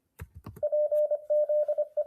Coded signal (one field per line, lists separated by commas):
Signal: Morse code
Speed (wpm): 25 wpm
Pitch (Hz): 600 Hz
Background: radio noise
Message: PZE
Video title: Brand New CW Trainer, Morse Runner/Ruffz Emulator